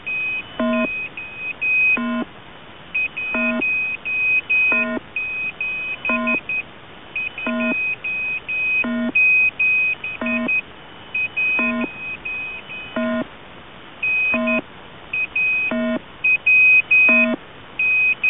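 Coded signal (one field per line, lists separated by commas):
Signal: channel marker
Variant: The Squeaky Wheel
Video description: "The Squeaky Wheel" is a Russian military station that broadcasts on 5367 kHz at daytime and on 3363.5 kHz at nighttime.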